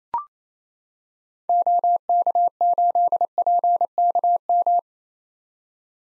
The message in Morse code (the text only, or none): OK8PKM